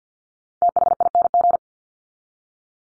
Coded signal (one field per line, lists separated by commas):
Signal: Morse code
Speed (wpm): 50 wpm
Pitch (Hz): 700 Hz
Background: none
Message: THING